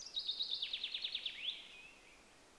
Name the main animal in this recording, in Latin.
Fringilla coelebs